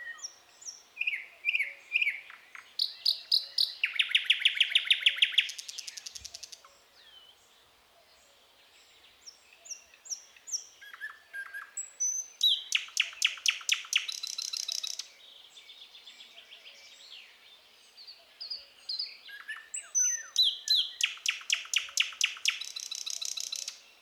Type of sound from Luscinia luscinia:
song